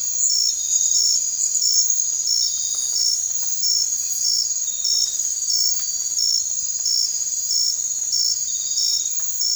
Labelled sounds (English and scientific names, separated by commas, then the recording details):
none
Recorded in dense forest near Puerto Asís, Putumayo, Colombia, on 16 December 2024 at 04:00
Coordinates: 0.468, -76.322
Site G071